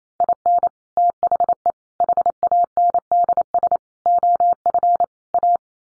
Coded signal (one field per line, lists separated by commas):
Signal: Morse code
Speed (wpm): 28 wpm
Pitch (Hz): 700 Hz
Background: none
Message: IN THE HANDS OF A